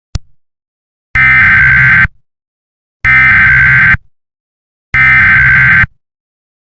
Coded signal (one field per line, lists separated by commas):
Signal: Emergency Alert System (SAME) tones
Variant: header bursts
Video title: EAS Scenario: Hunter Error 6: Hunter Error's Crazy Revenge